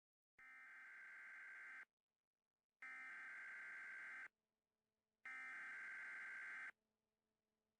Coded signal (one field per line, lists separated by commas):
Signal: Emergency Alert System (SAME) tones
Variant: header bursts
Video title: Hylian EAS : Nordicostian Tsunami Scenario